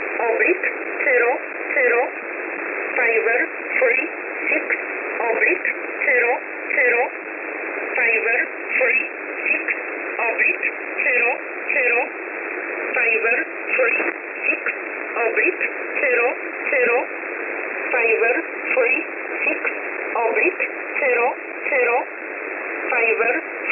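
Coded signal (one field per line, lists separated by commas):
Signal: numbers station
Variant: E11 Oblique, English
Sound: voice on shortwave reading short, evenly spaced words, steady rhythm throughout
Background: radio static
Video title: 19 05 2021 Number station E11 Oblique in English to Eu 0900 on 7449 unknown tx site in USB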